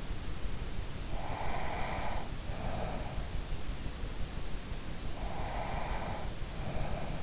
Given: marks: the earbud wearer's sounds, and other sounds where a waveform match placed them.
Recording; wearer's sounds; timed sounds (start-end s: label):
sounds in sleep by an in-ear microphone; breath
1.06-3.19 s: breath
5.18-7.23 s: breath